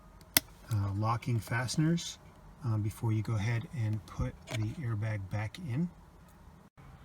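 On a 2008 Lincoln MKX steering wheel, before the driver airbag is refitted, two black plastic airbag locking fasteners are pushed down into place, giving a sharp click at 0.4 s. Someone then talks through the rest of the clip. The fasteners are seated.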